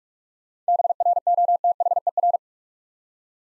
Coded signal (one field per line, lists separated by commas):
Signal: Morse code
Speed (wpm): 41 wpm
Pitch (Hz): 700 Hz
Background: none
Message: BROTHER